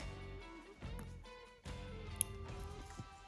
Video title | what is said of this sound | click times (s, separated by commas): Building a harness to adapt a Baja LP6 Pro light to an Indian Sport Chief #98 | Heard that click, pushes over. | 2.2 s